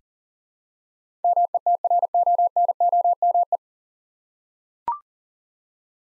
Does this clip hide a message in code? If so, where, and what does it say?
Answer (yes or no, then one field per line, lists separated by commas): yes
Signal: Morse code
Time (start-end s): 1.2-3.6 s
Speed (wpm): 37 wpm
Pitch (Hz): 700 Hz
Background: none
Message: METRONOME